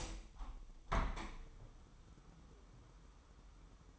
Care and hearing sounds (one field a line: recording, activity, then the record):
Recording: daily activity, microphone in the room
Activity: open window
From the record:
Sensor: 1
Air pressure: 999.8 hPa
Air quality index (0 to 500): 234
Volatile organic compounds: 100 ppm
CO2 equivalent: 3758 ppm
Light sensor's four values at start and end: 10/25/10/11 and 11/27/11/12